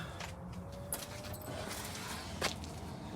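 With a subwoofer box installed behind the seats, a car door is being closed toward its latch on the vehicle body. Low, steady background rumble is broken by a few brief sharp handling sounds near 0.9, 2.6 and 3.2 seconds. The door has not latched yet; nothing has seated.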